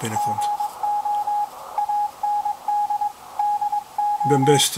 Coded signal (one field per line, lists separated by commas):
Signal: Morse code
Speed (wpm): 20 wpm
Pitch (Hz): 830 Hz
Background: speech, radio noise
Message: GO AND DO